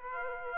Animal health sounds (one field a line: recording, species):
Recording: mosquito wingbeat signal from an infrared sensor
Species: Aedes aegypti